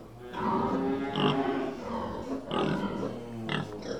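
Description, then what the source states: Pig grunting in a run of throaty, harmonic calls, swelling and fading several times across four seconds. Sound effects recording.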